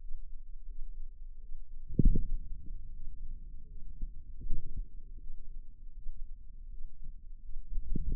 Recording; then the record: forearm muscle sounds (acoustic myography)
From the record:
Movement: ulnar deviation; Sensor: system 2, bracelet of six BSWA MPA416 microphones around the upper forearm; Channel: 4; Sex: female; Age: 23 years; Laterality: right